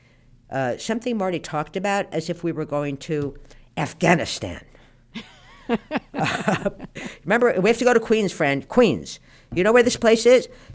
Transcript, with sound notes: something Marty talked about as if we were going to Afghanistan.
(Laughter).
I remember, we have to go to Queens, Fran - Queens. You know where this place is?